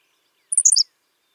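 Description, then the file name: Henslow's sparrow song: a single very brief, high, hiccuping burst of chirpy notes, lasting about a third of a second, in otherwise quiet surroundings. "Ammodramus henslowii - Henslow's Sparrow"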